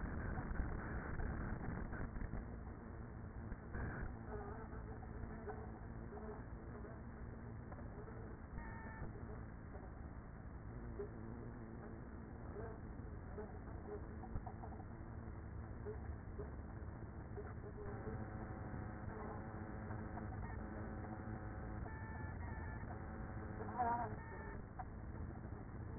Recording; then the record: honeybee colony, microphone inside the hive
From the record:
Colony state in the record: queenless with a low population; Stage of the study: after two queens were removed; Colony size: about 30,000 bees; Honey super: no